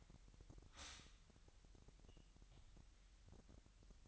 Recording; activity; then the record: daily activity, microphone in the room; stop toaster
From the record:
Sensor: 3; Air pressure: 1002.0 hPa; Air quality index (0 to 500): 248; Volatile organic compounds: 51 ppm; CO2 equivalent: 3310 ppm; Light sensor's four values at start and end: 13/39/17/14 and 13/39/17/14